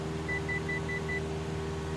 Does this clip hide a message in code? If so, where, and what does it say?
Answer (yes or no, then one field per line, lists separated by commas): no